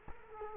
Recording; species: mosquito wingbeat signal from an infrared sensor; Culex quinquefasciatus